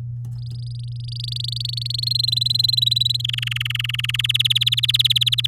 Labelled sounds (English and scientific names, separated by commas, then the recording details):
Domestic Canary (Serinus canaria) song
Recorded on 9 May 2018 at 13:43
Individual llb16